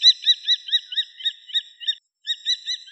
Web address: Falco tinnunculus